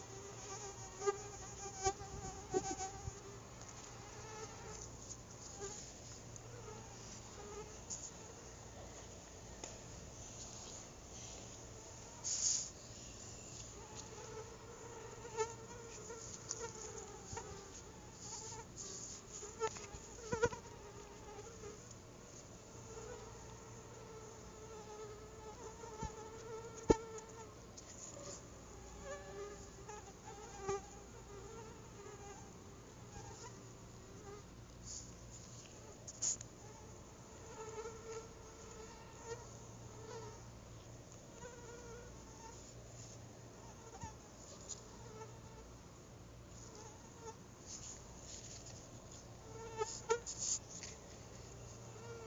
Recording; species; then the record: mosquito flight sound by mobile phone; Anopheles quadriannulatus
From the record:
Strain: SANQUA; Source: CDC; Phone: Google Nexus